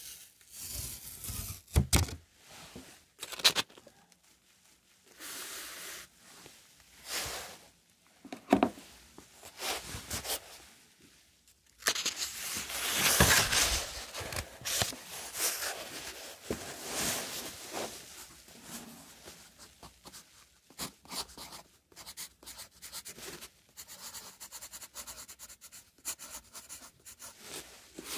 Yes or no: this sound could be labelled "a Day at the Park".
no